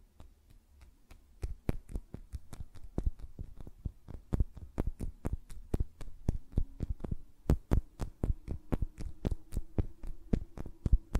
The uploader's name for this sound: Tapping on Nails, Finger Fluttering, Hand Sounds